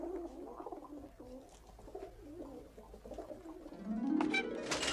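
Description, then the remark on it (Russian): White pigeons coo at a dovecote in the opening of the Mosfilm film Love and Pigeons, over and over in low, soft, throaty warbles, overlapping one another, before a brighter, louder swelling sound rises in the last second. “Форточка голубятни открывается, и на свободу вылетают белые голуби.”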